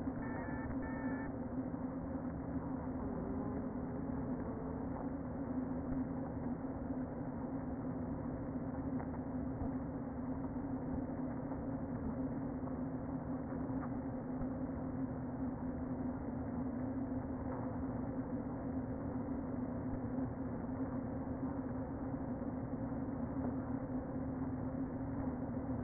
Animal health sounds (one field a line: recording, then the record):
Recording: honeybee colony, microphone inside the hive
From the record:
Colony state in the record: queen present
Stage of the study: before two queens were removed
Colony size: about 60,000 bees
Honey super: yes